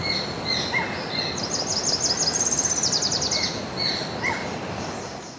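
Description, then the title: Tropical parula giving a fast, very high buzzy trill for about two seconds, surrounded by scattered whistled notes and constant background noise. Subspecies alarum. "LuckyPassaro Completos2Sama. Tropical Parula (Setophaga pitiayumi alarum)"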